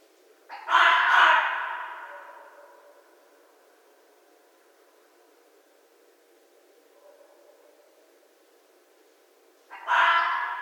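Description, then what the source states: Red fox letting out a raspy, broken scream that dies away slowly, then a long quiet gap before another harsh cry begins. Recorded 11 January 2012.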